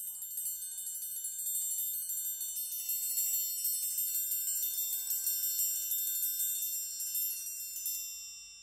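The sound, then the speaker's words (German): A small bell rings continuously for several seconds, its bright, high metallic partials shimmering and overlapping at a steady moderate loudness before fading slightly at the end. No voices. “Ich lasse auf keinen Fall die Glocke da.”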